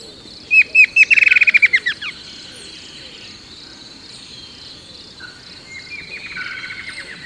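Bird giving a quick accelerating series of sharp chattering notes, followed by fainter chirps against a constant high insect hum.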